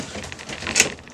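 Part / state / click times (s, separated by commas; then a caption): toner drawer closing into a laser printer / seated / 0.8 s. After a new toner cartridge is inserted, the toner drawer of an HP M479-FDW laser printer is pushed closed, giving a few light scrapes and taps. It shuts with a louder, brighter click at 0.8 s, which confirms the drawer is seated.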